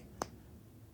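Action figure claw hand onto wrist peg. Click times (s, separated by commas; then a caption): 0.2 s. A swappable plastic claw hand is pushed onto the wrist peg of an S.H. MonsterArts Godzilla x Kong: The New Empire Godzilla (2024) action figure. A single short, sharp pop sounds at 0.2 s against a quiet background. The hand seats onto the peg.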